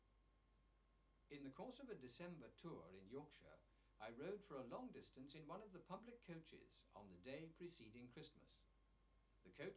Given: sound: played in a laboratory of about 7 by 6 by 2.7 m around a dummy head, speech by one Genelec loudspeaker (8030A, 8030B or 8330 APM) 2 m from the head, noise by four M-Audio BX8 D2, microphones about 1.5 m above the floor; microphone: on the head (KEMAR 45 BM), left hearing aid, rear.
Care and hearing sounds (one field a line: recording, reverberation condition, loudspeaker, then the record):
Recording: male speech in English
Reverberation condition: low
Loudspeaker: 150 degrees to the left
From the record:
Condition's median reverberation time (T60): about 310 ms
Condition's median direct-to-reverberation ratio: about 3.5 dB